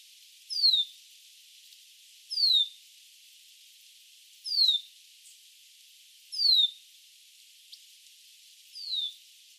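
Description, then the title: Blue-naped chlorophonia calls, a high thin descending whistle repeated five times. "LuckyPassaro Completos2Sama. Blue-naped Chlorophonia (Chlorophonia cyanea)"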